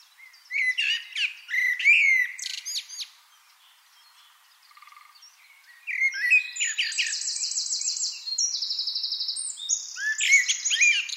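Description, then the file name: Eurasian wren: sharp chirps and twitters first, then a Eurasian wren bursts into a long, loud song of rapid rattling trills that lasts to the end. "Troglodytes troglodytes"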